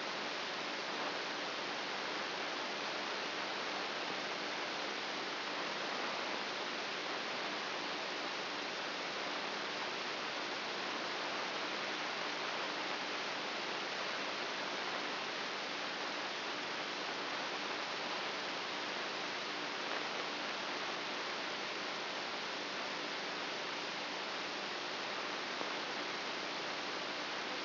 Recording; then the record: brain microelectrode recording played as sound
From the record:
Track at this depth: inside the subthalamic nucleus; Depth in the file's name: 5.64 mm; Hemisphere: right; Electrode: 2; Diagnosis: Parkinson's disease